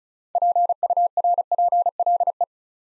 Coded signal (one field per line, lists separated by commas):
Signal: Morse code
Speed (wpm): 36 wpm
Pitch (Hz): 700 Hz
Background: none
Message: PURPLE